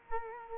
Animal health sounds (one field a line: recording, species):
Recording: mosquito wingbeat signal from an infrared sensor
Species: Culex quinquefasciatus